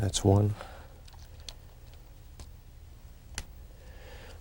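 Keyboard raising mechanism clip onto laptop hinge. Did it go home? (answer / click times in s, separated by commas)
yes / 3.4 s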